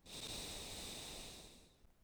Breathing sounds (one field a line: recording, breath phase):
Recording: one breath near a microphone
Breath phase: exhalation